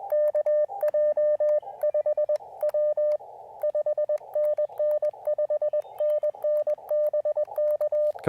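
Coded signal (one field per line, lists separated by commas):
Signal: Morse code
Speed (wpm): 20 wpm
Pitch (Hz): 590 Hz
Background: radio noise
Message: KJ5W 5NN 5NN BK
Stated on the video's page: Park activation in CW, sent with KXPD2 paddles on an Elecraft KX2 with AX1 antenna, in wet weather and poor propagation.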